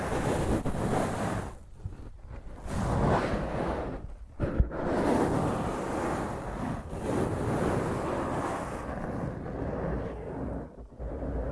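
Rough scratching of hands and fingernails over a microphone fills the clip with dense, rasping noise from low rumble up to bright hiss. The sound swells and dips in uneven strokes, with brief gaps near 2, 4.5 and 10.5 seconds and a sharp knock around 4.6 seconds.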